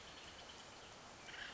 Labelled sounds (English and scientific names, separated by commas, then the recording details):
Acorn Woodpecker (Melanerpes formicivorus)
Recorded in Sonoma County, California